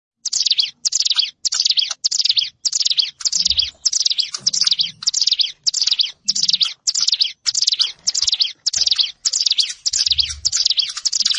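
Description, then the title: Plain prinia song of grating, electric-sounding buzzes repeated in a steady rhythm, each burst brief and separated by short pauses. Recorded in a rice field (sawah). "Ciblek Sawah"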